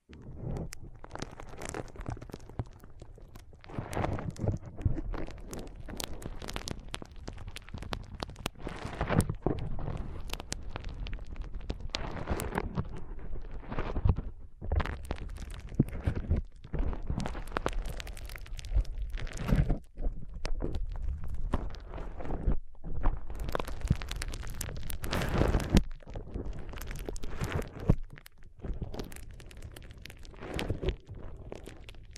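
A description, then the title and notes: Foam being squeezed and rubbed in a forceful massage, making a dense run of crackling, scrunching bursts that rarely let up. The rustle is full and gritty from deep to bright, with brief pauses near 16, 19, 23 and 28 seconds. ASMR Powerful Foam Brain Massage.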